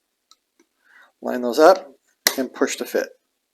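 Four plastic tabs on a model Willys Jeep kit part are lined up with four holes in a plastic piece while someone talks, with faint light ticks near 0.3 s and 0.6 s. Nothing has seated or clicked yet; the clip ends before the tabs snap home.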